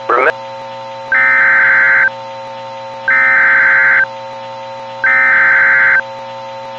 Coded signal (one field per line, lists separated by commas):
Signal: Emergency Alert System (SAME) tones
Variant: header bursts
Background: speech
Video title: (EAS MOCK) Who's fault was THIS?!?!?!? 6/12/2007